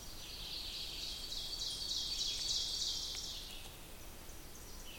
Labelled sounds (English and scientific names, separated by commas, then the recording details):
Ovenbird (Seiurus aurocapilla) song
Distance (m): 45 m
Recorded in boreal forest in Alberta, Canada, on 2 June 2016 at 08:37
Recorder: SongMeter 3, array SBT-3-7
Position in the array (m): 172 m, 124 m
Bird 8